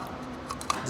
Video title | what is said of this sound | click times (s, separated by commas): E46 thermostat | Just make sure you hear that click. | 0.7 s